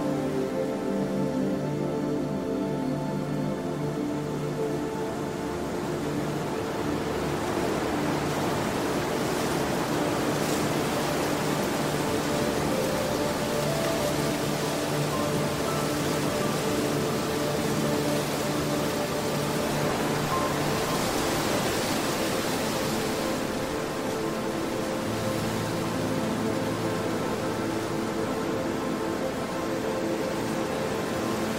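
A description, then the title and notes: Wind blows steadily across fields as soft, sustained music tones hold underneath, with gusts swelling around ten and twenty-two seconds. Relaxing wind sounds blowing in fields with 432 Hz relaxing music.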